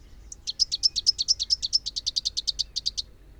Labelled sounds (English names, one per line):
Rufous-capped Warbler song